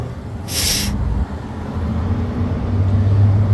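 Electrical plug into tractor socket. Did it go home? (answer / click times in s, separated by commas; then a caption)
no / none. An electrical connector is plugged back into its socket on an old tractor after its contacts are blown on. A short airy hiss comes at about 0.5–0.9 s over a steady low rumble that grows louder toward the end. Nothing has clicked or seated into place.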